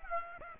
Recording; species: mosquito wingbeat signal from an infrared sensor; Aedes aegypti